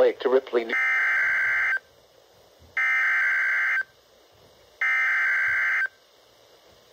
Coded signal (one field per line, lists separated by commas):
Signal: Emergency Alert System (SAME) tones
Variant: header bursts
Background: speech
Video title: “Dangerous Situation” Severe Thunderstorm Warning (EAS 16)